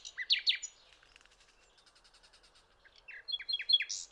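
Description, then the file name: Common nightingale song phrases: sharp loud chirps, a soft fast series of ticking notes, then a burst of quick downslurred whistles. "Luscinia megarhynchos"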